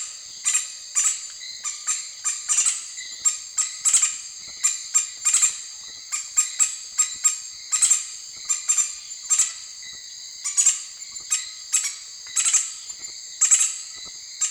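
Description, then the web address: Crimson-crested woodpecker calling with repeated rough, scratchy notes roughly every half second to second, against a steady high-pitched background hum. Call, recorded in the eastern lowlands of South America. "ENTER Music and Audio. Nature Songs S America Eastern Lowlands. Campephilus melanoleucos, call"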